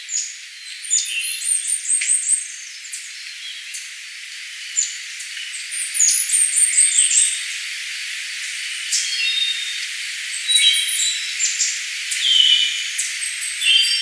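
Bird calls: bursts of sharp, high twittering chirps and brief whistles that come in clusters, with short quieter gaps between them, over a faint hiss.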